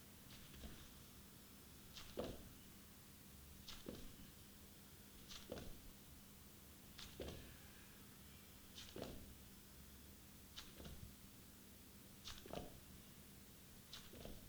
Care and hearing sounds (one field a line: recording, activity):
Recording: daily activity, guitar pickup as the sensor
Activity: jump